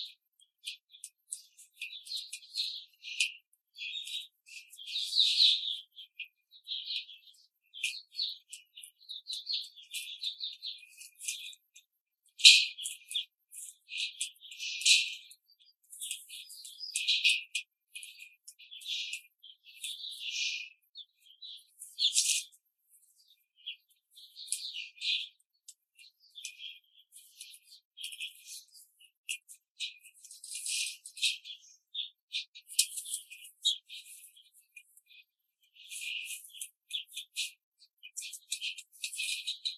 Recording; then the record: young laying hens in a cage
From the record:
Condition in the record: control cage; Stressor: none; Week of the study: 5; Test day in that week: 1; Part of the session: 2